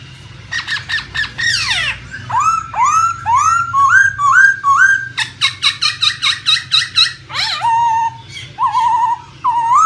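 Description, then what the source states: Laughingthrush song of repeated rising whistled notes and quick clicks, ending in short wavering whistles, with a low background hum. Wild-voice song style ('giọng rừng').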